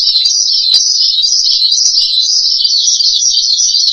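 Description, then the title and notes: Starling singing a continuous, rapid, high-pitched chatter that wavers up and down without any break. "suara burung jalak"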